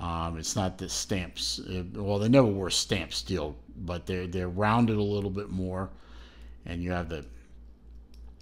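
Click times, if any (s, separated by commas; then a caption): none. Someone talks while handling the stainless steel push-button fold-over clasp on the bracelet of a Zelos Carbon Swordfish dive watch, with a few faint small ticks near the end at about 8.1, 8.3 and 8.4 seconds. Nothing has seated or clicked shut yet; the clasp has not closed onto its lock.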